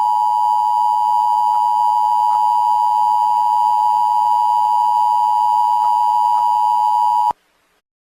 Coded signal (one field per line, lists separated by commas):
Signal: Emergency Alert System (SAME) tones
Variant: 853 and 960 Hz attention tone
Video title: Super Mario Galaxy’s Ending, EAS Styled!